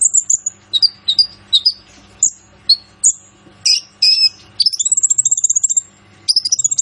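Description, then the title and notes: Kolibri Ninja song: high downslurred whistles, then a rapid, even rattle of sharp notes, finishing with a chattering burst. Masteran training recording for songbirds of a lively 'gacor' Kolibri Ninja, full of 'isian' filler phrases and 'tembakan' shots, meant as pancingan to lure a bird into singing. "MASTERAN KOLIBRI NINJA FULL ISIAN DAN TEMBAKAN COCOK BUAT PANCINGAN. Suara Burung Kolibri Ninja Gacor"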